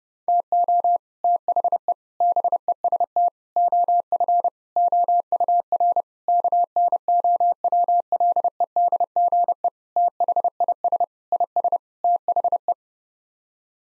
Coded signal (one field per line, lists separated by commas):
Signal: Morse code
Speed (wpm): 30 wpm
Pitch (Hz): 700 Hz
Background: none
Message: TO THE BEST OF OUR KNOWLEDGE THIS IS THE